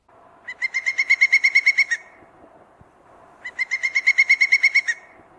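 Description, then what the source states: Pileated Woodpecker piping calls: two bouts of about a dozen loud, even, ringing notes delivered quickly, each series lasting around one and a half seconds. Largest backyard woodpecker; series of piping calls like the northern flicker's rattle but more variable in tone, more reverberating, with more frequent rhythm changes.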